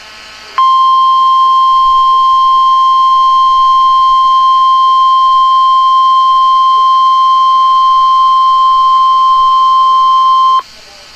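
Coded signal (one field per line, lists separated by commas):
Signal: Emergency Alert System (SAME) tones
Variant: 1050 Hz attention tone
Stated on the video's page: Real Severe Thunderstorm Watch, played from wunderground rather than a weather radio; first of two alerts.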